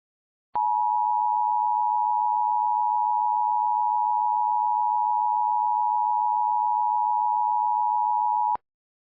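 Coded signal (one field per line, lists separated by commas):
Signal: Emergency Alert System (SAME) tones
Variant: 853 and 960 Hz attention tone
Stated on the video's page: Mock EAS alert using valid EAS tones.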